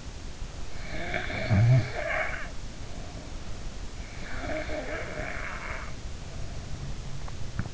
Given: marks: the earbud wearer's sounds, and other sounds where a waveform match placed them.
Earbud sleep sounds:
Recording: sounds in sleep by an in-ear microphone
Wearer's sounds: snoring breath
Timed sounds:
0.74-2.56 s: snoring breath
4.51-5.84 s: snoring breath

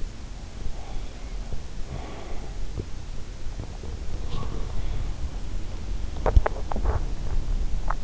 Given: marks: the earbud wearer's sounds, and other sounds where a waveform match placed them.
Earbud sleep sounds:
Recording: sounds in sleep by an in-ear microphone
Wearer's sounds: breath, body movement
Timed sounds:
0.74-2.47 s: breath
6.15-8.04 s: body movement

